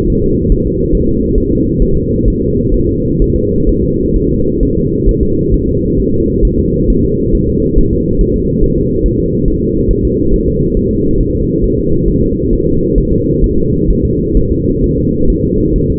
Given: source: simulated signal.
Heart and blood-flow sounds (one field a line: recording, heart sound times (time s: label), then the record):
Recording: fetal heart sounds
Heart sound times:
0.10 s: S1
0.24 s: S2
0.52 s: S1
0.66 s: S2
0.95 s: S1
1.09 s: S2
1.38 s: S1
1.52 s: S2
1.82 s: S1
1.97 s: S2
2.28 s: S1
2.42 s: S2
2.74 s: S1
2.89 s: S2
3.22 s: S1
3.36 s: S2
3.69 s: S1
3.84 s: S2
4.16 s: S1
4.31 s: S2
4.63 s: S1
4.77 s: S2
5.09 s: S1
5.23 s: S2
5.54 s: S1
5.69 s: S2
6.00 s: S1
6.14 s: S2
6.45 s: S1
6.59 s: S2
6.90 s: S1
7.04 s: S2
7.35 s: S1
7.49 s: S2
7.78 s: S1
7.93 s: S2
8.21 s: S1
8.36 s: S2
8.64 s: S1
8.78 s: S2
9.06 s: S1
9.20 s: S2
9.48 s: S1
9.62 s: S2
9.91 s: S1
10.05 s: S2
10.34 s: S1
10.48 s: S2
10.77 s: S1
10.91 s: S2
11.21 s: S1
11.35 s: S2
11.64 s: S1
11.79 s: S2
12.08 s: S1
12.23 s: S2
12.53 s: S1
12.67 s: S2
12.98 s: S1
13.12 s: S2
13.44 s: S1
13.58 s: S2
13.90 s: S1
14.05 s: S2
14.37 s: S1
14.52 s: S2
14.84 s: S1
14.98 s: S2
15.30 s: S1
15.44 s: S2
15.76 s: S1
15.90 s: S2
From the record:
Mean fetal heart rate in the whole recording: 135 bpm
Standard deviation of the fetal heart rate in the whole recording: 3 bpm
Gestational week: 36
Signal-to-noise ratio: -15.3 dB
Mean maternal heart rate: 72 bpm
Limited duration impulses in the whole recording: present